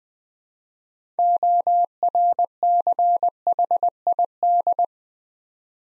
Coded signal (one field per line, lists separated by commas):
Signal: Morse code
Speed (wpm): 20 wpm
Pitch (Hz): 700 Hz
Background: none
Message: ORCHID